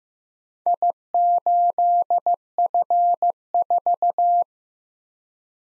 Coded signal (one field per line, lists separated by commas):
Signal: Morse code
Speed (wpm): 15 wpm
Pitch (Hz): 700 Hz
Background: none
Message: I8F4